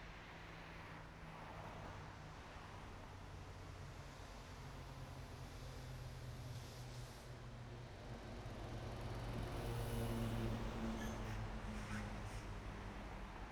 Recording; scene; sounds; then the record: everyday scene through a hearing-aid microphone; in traffic; traffic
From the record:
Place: main road on the outskirts, rush hour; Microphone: behind the ear, right, front